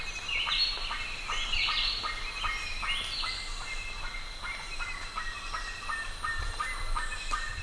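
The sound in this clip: Bird calls, quick repeated notes almost once a second, with bright rising chirps early on over a steady background hiss.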